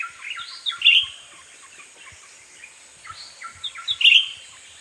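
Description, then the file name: Blue-winged leafbird giving bright, slurred warbling phrases in two bursts separated by a short pause, against a constant high-pitched hiss. "cucak ranti-blue winged leafbird-chloropsis-cochinchinensis"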